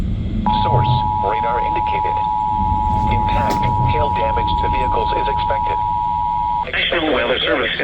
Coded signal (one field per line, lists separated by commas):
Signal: Emergency Alert System (SAME) tones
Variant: 853 and 960 Hz attention tone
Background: speech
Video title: HELLO SUMMER 2024.... EAS Alerts from 6/5-6/24 (New EAS 480-487*) (READ DESC)